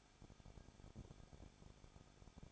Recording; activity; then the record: daily activity, microphone in the room; no activity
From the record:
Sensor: 5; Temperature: 20.9 degrees Celsius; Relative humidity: 35.1%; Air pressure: 994.7 hPa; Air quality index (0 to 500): 153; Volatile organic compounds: 2 ppm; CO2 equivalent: 1279 ppm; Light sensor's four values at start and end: 2/3/1/1 and 2/3/1/1